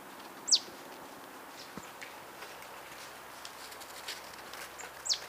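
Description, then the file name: Marsh tit calls: two sharp, very high notes sliding steeply downward, about four and a half seconds apart, over a soft steady background hiss. "Poecile palustris"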